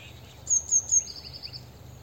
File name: Cyanistes caeruleus